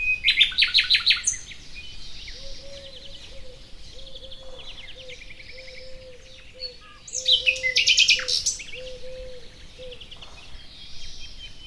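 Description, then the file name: Common nightingale delivers two loud bursts of rapid repeated notes; between them a low soft note repeats steadily. "Luscinia megarhynchos"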